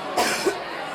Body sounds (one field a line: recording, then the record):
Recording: coughing mixed with background sound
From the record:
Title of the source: 61 morning phlegmy cough...again